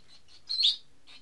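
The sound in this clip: Bird chirp, one bright high tweet with softer high notes just before and after.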